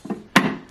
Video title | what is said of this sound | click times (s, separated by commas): Peel and Dice Video Review | So you want to spin it around until you get that clicking sound. | 0.4 s